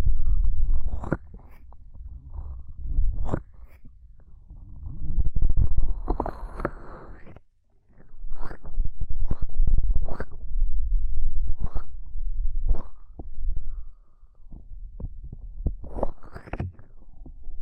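Ear cupping sounds: soft, muffled rubbing and pressing with a heavy low rumble, broken by frequent sharp crackles and taps. The texture swells and fades in waves, with a brief near-silence around seven seconds and a quieter stretch near fourteen seconds.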